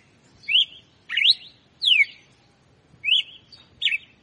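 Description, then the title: Red-cowled cardinal song: five loud clear whistled notes, some rising and some falling, with short pauses between. Female bird; song in the "açoite compassado" style. "Canto Galo Campina Fêmea. Galo de Campina Açoite Compassado"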